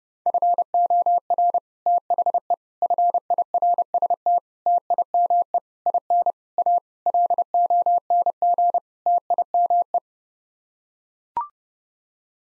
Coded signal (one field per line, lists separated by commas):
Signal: Morse code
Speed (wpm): 32 wpm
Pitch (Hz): 700 Hz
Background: none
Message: FOR THE FIRST TIME IN A LONG TIME